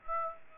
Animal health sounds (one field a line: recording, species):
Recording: mosquito wingbeat signal from an infrared sensor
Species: Aedes aegypti